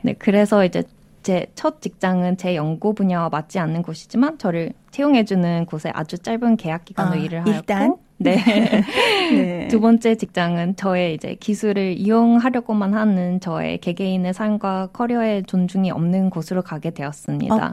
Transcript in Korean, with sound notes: 그래서 이제 제첫 직장은 제 연구 분야와 맞지 않는 곳이지만 저를 채용해 주는 곳에 아주 짧은 계약 기간으로 일했고.
아 일단 (웃음)
네 (웃음) 그리고 두 번째 직장은 저의 이제 기술을 이용하려고만 하는 저의 개개인의 삶과 커리어에 존중이 없는 곳으로 가게 되었습니다.